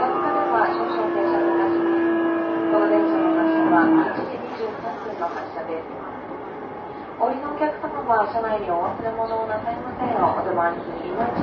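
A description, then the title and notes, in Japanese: Aboard a JR East E233 series train running from Yokohama to Odawara. For the first four seconds a steady pitched tone sounds over the rumble, then it stops and speech takes over, continuing with short pauses over a low, continuous rolling noise to the end. JRE233系 横浜ー小田原。ICレコダーで録音しています。乗車の列車は小田原行の列車です。JRE233系3000番台〜。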